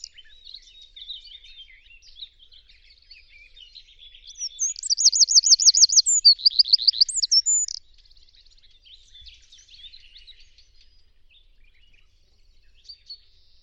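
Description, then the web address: Bird call: quiet scratchy twittering at first, then a loud, fast looping high trill for about three seconds, then faint chatter returns. "cianscape birddata Deverinetal 2025"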